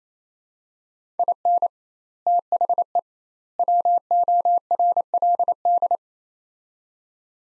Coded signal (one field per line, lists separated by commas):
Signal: Morse code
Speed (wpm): 28 wpm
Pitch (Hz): 700 Hz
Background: none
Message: IN THE WORLD